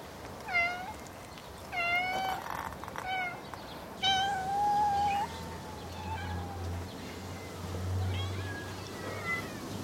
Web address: cats in a suburban garden one close perspective others more distant